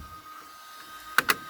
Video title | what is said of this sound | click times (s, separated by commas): Top feeding TPU in Anycubic Kobra S1C | that locked in place put the cover back on, make sure it's clicked into place. | 1.2 s, 1.3 s